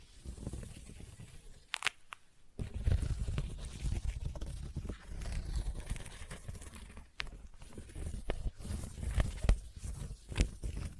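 Sticky tapping with a tacky, peeling crackle that runs almost continuously over a low, rumbling base. Sharp snapping clicks stand out near the two-second mark and again several times after seven seconds. Brief pauses fall just before three seconds and around seven.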